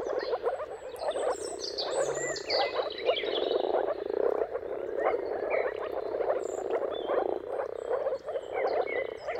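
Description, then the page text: Moor frogs in a dense mating chorus, a continuous soft bubbling hum of overlapping low calls, with bird notes and whistles faintly above. Moor frog mating calls at sunrise, turn of March and April, timing depending on weather; recorded by Jakub Orzecki. "Jakub-Orzecki moor frogs. Dawn’s Chorus: Mating Calls of Marsh Frogs at Sunrise. Depending on the weather at the turn of March and April, you can witness an amazing spectacle of moor frogs"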